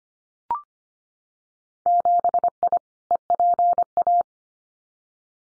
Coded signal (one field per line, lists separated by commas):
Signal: Morse code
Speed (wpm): 25 wpm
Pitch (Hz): 700 Hz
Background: none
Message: 7I EPA